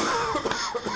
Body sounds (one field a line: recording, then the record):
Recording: coughing mixed with background sound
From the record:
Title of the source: Mid-morning Winter Coughing Fit